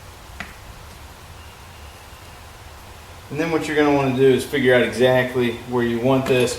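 A rubber fork boot is slid down over a CRF100 motorcycle fork leg and pressed until it snaps into place at the bottom, giving a single sharp snap at 0.4 s against a quiet background. The boot is seated, and from about 3.3 s someone talks.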